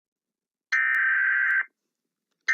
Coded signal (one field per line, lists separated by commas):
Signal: Emergency Alert System (SAME) tones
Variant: header bursts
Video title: EAS Scenario : Demon Uponus